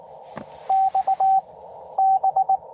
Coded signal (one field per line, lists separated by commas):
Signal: Morse code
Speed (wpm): 19 wpm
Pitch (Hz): 770 Hz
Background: radio noise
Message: X B